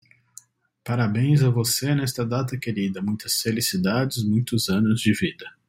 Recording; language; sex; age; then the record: short text; Brazilian Portuguese; male; 40 to 49 years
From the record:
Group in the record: control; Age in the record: 42 years